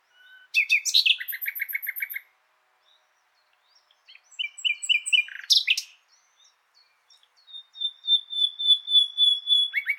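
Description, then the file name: Common nightingale song: rattling repeated notes, a pause, a quicker chattering phrase, then a pure long whistle and renewed rapid notes. "Luscinia megarhynchos"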